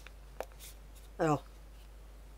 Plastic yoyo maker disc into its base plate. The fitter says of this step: entend le petit clip ça donc plus ou moins voilà